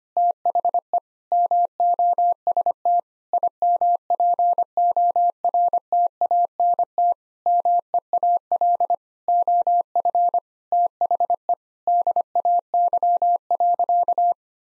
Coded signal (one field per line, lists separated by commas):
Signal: Morse code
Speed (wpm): 25 wpm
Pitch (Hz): 700 Hz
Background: none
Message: THE MOST IMPORTANT MEAL OF THE DAY.